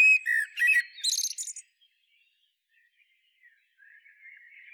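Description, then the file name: Common blackbird delivering a single short phrase, a mellow note then high scratchy twitters, followed by near silence with a faint warble. "Turdus merula"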